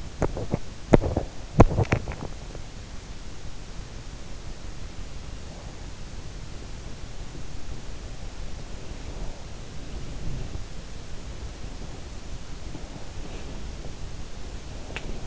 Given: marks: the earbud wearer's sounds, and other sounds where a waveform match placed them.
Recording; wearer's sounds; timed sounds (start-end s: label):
sounds in sleep by an in-ear microphone; teeth grinding, breath, body movement
0.00-2.89 s: teeth grinding
5.07-6.26 s: breath
6.80-15.27 s: body movement